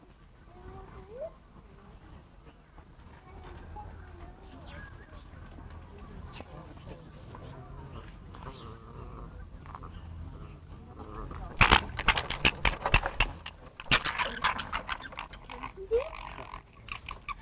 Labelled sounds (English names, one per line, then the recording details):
Corsac Fox
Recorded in captivity
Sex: group
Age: adult
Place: Tierpark Berlin, Berlin, DE
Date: 1960-04-02 18:15
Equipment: Reporter, Verstärkerstufe 2, Vollspur
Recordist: TSA